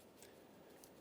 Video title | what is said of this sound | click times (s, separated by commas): How to Replace Variable Valve Timing Solenoid 2012-2020 Chevrolet Sonic | install the connector onto the sensor push until you hear a click | 0.8 s